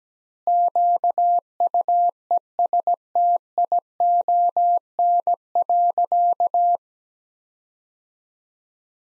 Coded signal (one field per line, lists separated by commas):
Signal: Morse code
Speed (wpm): 17 wpm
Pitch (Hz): 700 Hz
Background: none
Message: QUESTION.